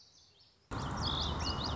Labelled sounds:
Common Yellowthroat
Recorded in Sonoma County, California

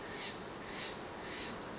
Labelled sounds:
Steller's Jay
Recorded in Sonoma County, California

